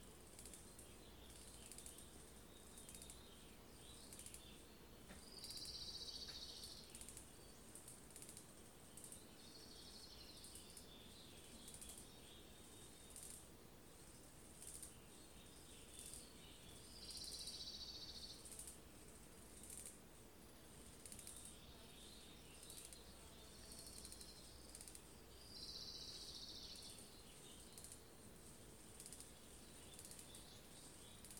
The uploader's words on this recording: Recorded at Spirit Rock's Upper Meditation Hall.